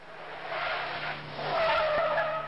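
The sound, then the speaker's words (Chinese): A car brakes hard with its tires skidding and rolls on a few more meters, a steady rough scraping hiss that swells louder halfway through as a whining squeal joins in, lasting a couple of seconds with no voices. “秦放缓缓地踩了刹车，车子继续往前行进了几米”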